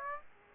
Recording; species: mosquito wingbeat signal from an infrared sensor; Aedes aegypti